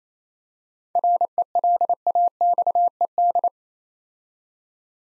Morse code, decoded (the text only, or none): RELAXED